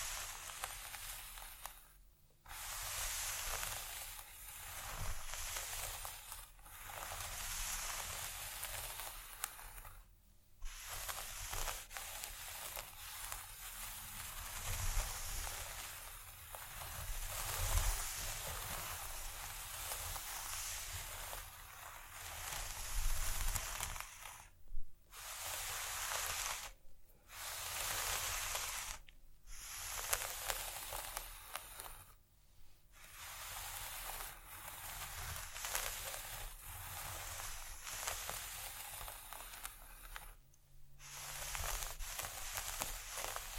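Dense, bright scratching and rubbing runs almost without a break, rough and hissy with a restless, uneven grain. It cuts out abruptly for split seconds about seven times, near 2, 10, 25, 27, 29, 32 and 40 seconds. A faint low rumble sits underneath.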